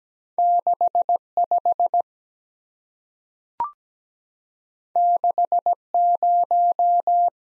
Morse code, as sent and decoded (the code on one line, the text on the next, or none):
-.... / ..... / -.... / -----
6 5 6 0